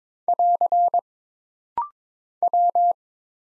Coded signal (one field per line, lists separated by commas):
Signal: Morse code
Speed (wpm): 22 wpm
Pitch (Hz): 700 Hz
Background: none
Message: <AR> W